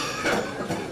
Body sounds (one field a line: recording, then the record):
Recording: coughing mixed with background sound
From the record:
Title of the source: Cough Around the Clock!